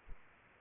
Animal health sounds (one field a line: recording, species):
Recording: mosquito wingbeat signal from an infrared sensor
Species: Aedes aegypti